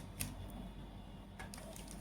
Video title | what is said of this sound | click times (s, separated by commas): ZKTeco Access Control Device Installation Guide - ধাপে ধাপে সম্পূর্ণ শিখুন - Sarkar Sab | কট একটা আওয়াজ হবে। লেগে গেছে। | 0.2 s